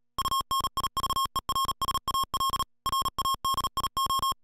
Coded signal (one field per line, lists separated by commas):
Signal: Morse code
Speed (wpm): 37 wpm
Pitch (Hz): 1080 Hz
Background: music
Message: UNIVERSAL RADIO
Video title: Universal-Radio presents the Samlex MSK 90 Solar charging system